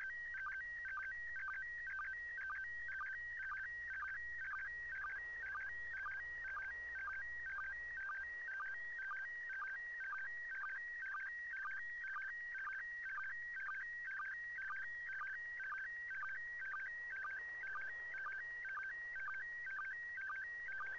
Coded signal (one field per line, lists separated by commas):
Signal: SSTV (slow-scan television)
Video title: ISS Pass SSTV Oct 28 2018